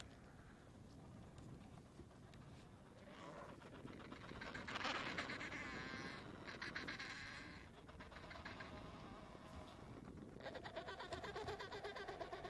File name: adelie penguin colony